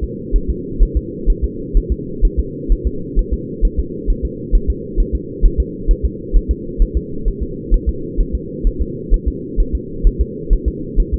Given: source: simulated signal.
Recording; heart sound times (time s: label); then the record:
fetal heart sounds
0.04 s: S2
0.36 s: S1
0.50 s: S2
0.83 s: S1
0.97 s: S2
1.30 s: S1
1.44 s: S2
1.77 s: S1
1.92 s: S2
2.25 s: S1
2.40 s: S2
2.72 s: S1
2.87 s: S2
3.19 s: S1
3.34 s: S2
3.65 s: S1
3.79 s: S2
4.10 s: S1
4.25 s: S2
4.55 s: S1
4.70 s: S2
5.00 s: S1
5.15 s: S2
5.45 s: S1
5.60 s: S2
5.91 s: S1
6.05 s: S2
6.36 s: S1
6.51 s: S2
6.82 s: S1
6.97 s: S2
7.28 s: S1
7.43 s: S2
7.74 s: S1
7.89 s: S2
8.20 s: S1
8.35 s: S2
8.67 s: S1
8.82 s: S2
9.14 s: S1
9.28 s: S2
9.60 s: S1
9.75 s: S2
10.07 s: S1
10.21 s: S2
10.53 s: S1
10.68 s: S2
11.00 s: S1
11.14 s: S2
From the record:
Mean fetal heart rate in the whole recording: 130 bpm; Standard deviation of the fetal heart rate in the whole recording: 2 bpm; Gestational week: 38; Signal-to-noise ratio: -4.3 dB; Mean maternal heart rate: 72 bpm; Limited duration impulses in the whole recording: absent